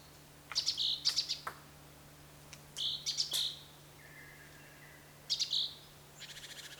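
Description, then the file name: Great tit calls: short bursts of high chipping notes mixed with a thin whistled tone, given in three groups a couple of seconds apart, with a faint buzzy rattle near the end. "Parus major"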